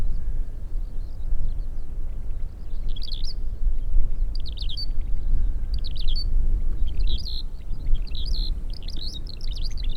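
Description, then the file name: Raso lark calls: several short, high, scratchy bursts over a constant low rumble. Recorded 20 October 2011. "alauda razae 20-10-2011"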